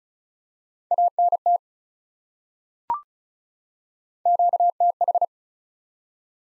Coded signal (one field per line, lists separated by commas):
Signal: Morse code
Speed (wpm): 36 wpm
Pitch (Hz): 700 Hz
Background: none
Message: ANT QTH